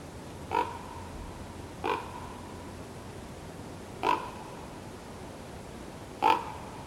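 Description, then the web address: Common Raven croaks: four short, hoarse calls at irregular intervals over a steady background rush. "Yle Aihe 2016 10 katoava pohjola susi feature korppi"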